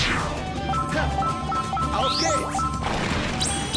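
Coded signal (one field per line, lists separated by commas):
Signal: none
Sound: game ring collect sounds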